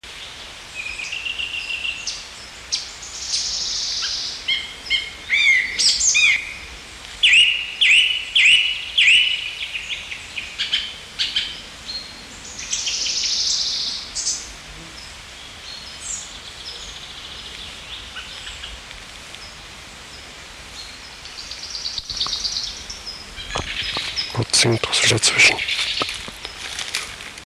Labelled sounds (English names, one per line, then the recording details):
Song Thrush song
Common Chaffinch
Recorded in the wild
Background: Fringilla coelebs
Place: Vilmnitz, Insel Rügen, Mecklenburg-Vorpommern, DE
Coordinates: 54.3411, 13.5356
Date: 1979-06-21 16:23
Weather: wind speed 3-4
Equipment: ITT Schaub-Lorenz Studio Recorder 72, Verstärker, Sennheiser MD 421 HL, Kopie Uher 4200 Report
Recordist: Tembrock, Günter
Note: Am Bodden: Gesang (kurz), daneben Buchfink